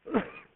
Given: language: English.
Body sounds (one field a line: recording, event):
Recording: throat vibration sensor signal played as sound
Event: cough